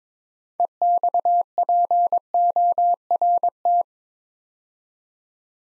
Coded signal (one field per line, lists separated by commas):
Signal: Morse code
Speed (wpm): 22 wpm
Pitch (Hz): 700 Hz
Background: none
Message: EXPORT